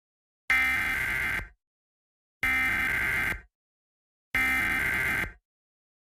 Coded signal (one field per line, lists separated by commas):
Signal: Emergency Alert System (SAME) tones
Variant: header bursts